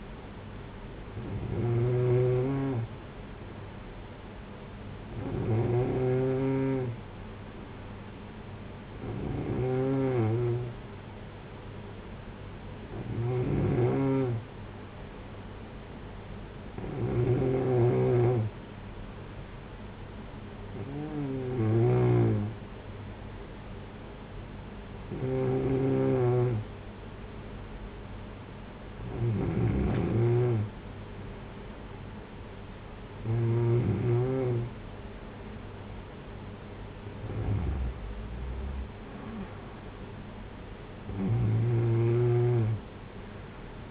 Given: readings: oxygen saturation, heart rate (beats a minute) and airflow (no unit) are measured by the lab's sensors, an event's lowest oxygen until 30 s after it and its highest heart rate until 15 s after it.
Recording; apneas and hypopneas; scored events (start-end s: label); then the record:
breathing in sleep by a voice recorder at the bedside; none
none scored
From the record:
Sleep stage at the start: N2 (light sleep); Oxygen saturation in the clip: 93 to 94%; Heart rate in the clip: 56 to 60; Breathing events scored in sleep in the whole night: 226 in 8.8 hours asleep